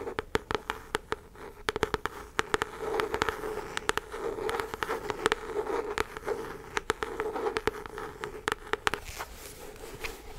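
Tingly tapping and scratching: quick, irregular sharp taps throughout over a steady raspy scratching bed with a faint low hum underneath.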